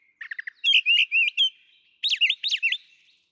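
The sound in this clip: Brown thrasher song in a short burst: quick ticking notes first, then a run of loud slurred whistles, then a second group of sharp notes.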